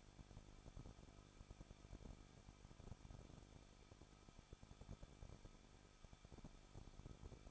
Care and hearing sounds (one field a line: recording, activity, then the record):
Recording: daily activity, microphone in the room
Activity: no activity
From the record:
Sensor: 5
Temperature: 20.9 degrees Celsius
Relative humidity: 38.1%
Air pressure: 1006.5 hPa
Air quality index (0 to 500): 187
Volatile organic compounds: 18 ppm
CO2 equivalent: 2628 ppm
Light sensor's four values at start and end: 2/3/1/1 and 2/3/1/1